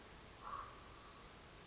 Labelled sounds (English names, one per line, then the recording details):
Common Raven
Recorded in Sonoma County, California